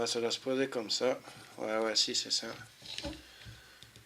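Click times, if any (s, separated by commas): none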